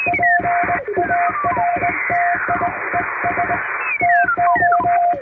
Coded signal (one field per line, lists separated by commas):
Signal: Morse code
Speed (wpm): 21 wpm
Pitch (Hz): 700 Hz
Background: music, radio noise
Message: PARTIES TO